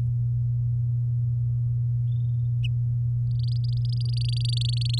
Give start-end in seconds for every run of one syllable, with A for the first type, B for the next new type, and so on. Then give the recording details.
3.30-4.99 A. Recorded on 10 May 2018 at 15:27. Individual llb16